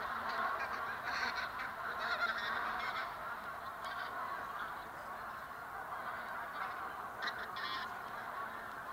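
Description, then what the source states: Bean Goose flock cackling and babbling, many overlapping honks forming a steady chorus, with brief bursts of sharper notes now and then. Flocks in flight give indistinct cackling or babbling, to untrained ears like other goose flocks; a single bird's flight call is a two- or three-syllable cackle; Finnish nickname metsuri.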